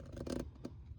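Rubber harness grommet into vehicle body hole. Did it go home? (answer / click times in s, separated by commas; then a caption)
yes / 0.3 s, 0.6 s. A rubber wiring-harness grommet for hitch and trailer wiring on a Kia EV9 is squeezed and slowly pulled through a hole in the body panel, with rubbing, squeaking friction from about 0.2 to 0.4 s. It gives a pop at 0.3 s and a sharper one at 0.7 s. The grommet is seated, with a seal all the way around.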